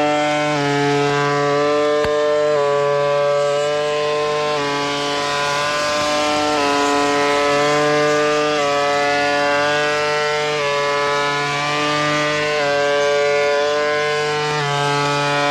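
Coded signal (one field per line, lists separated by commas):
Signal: channel marker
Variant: UVB-76 (The Buzzer)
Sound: harsh, steady, low-pitched buzz with many harmonics, continuing throughout with slight tonal shifts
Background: radio static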